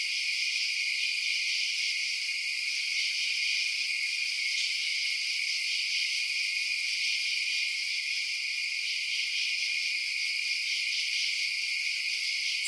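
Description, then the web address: Insects trilling together at night, a dense high steady hum that barely varies in level over the whole stretch. Outdoor night ambience of insects. "Blast Wave Update 3 Night Insects"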